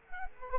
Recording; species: mosquito wingbeat signal from an infrared sensor; Culex quinquefasciatus